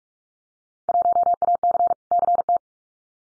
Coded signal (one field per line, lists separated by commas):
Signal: Morse code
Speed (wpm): 44 wpm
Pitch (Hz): 700 Hz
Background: none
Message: 1AC CT